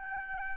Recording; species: mosquito wingbeat signal from an infrared sensor; Aedes albopictus